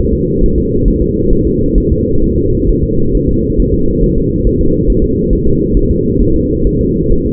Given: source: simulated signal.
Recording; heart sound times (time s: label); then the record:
fetal heart sounds
0.13 s: S2
0.44 s: S1
0.58 s: S2
0.88 s: S1
1.02 s: S2
1.33 s: S1
1.47 s: S2
1.78 s: S1
1.92 s: S2
2.23 s: S1
2.38 s: S2
2.69 s: S1
2.83 s: S2
3.15 s: S1
3.29 s: S2
3.60 s: S1
3.74 s: S2
4.04 s: S1
4.18 s: S2
4.47 s: S1
4.61 s: S2
4.90 s: S1
5.04 s: S2
5.33 s: S1
5.47 s: S2
5.77 s: S1
5.91 s: S2
6.22 s: S1
6.36 s: S2
6.67 s: S1
6.81 s: S2
7.12 s: S1
7.26 s: S2
From the record:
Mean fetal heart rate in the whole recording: 135 bpm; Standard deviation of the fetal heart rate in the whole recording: 3 bpm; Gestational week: 36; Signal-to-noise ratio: -16.4 dB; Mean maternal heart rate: 72 bpm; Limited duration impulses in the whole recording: present